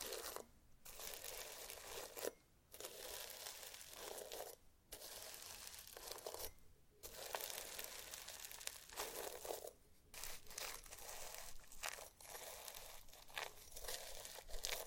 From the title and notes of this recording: ASMR SLIME! 5 Satisfying Slimes.